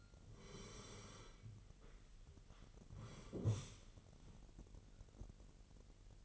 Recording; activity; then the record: daily activity, microphone in the room; sit down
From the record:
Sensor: 4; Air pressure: 999.4 hPa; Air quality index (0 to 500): 108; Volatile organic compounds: 2 ppm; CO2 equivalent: 1072 ppm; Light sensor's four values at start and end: 11/26/10/11 and 11/26/10/11